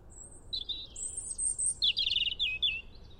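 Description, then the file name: European robin song: a thin high whistle followed by varied high notes and a dense, rapid twittering trill. "Erithacus rubecula"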